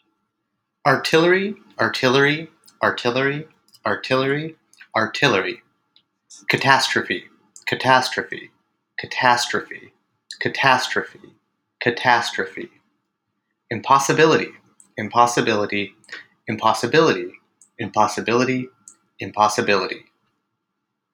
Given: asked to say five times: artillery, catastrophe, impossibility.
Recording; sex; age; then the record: three words, each repeated; male; 30 to 39 years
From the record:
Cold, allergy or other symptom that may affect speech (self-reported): no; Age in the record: 32 years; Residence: United States